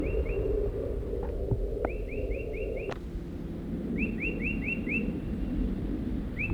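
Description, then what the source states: Crossbill chittering: sharp rising notes in bursts of up to five, with brief knocks and a low rumbling background. Adults at the nest about noon after a long absence, chittering to the south of it.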